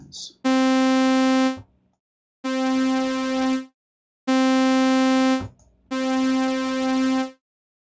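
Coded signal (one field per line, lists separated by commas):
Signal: none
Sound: synthesizer music notes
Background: speech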